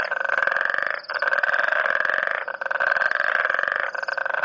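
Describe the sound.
Frog croaks as a continuous rasping pulse train, briefly interrupted a few times.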